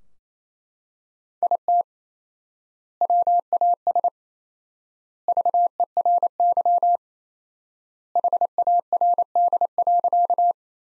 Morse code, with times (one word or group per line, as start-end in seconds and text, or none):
1.4-1.8 IT
3.0-4.1 WAS
5.3-7.0 VERY
8.2-10.5 HARD.